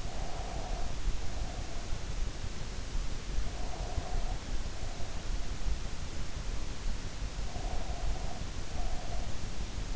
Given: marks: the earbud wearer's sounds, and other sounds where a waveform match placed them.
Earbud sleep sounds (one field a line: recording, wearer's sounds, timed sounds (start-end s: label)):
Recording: sounds in sleep by an in-ear microphone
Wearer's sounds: breath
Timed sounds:
0.00-2.11 s: breath
3.38-5.52 s: breath
7.38-9.45 s: breath